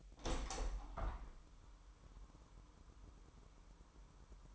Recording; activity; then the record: daily activity, microphone in the room; open window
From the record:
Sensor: 1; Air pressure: 1000.4 hPa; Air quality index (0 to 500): 247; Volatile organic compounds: 140 ppm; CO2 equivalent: 3978 ppm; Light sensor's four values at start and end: 10/25/10/11 and 11/27/11/12